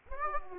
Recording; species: mosquito wingbeat signal from an infrared sensor; Aedes aegypti